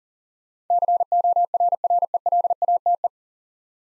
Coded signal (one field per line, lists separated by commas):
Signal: Morse code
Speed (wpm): 37 wpm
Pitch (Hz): 700 Hz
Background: none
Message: CORRELATE